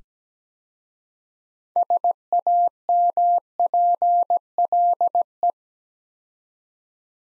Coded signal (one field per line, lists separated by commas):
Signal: Morse code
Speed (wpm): 17 wpm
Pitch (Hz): 700 Hz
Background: none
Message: SAMPLE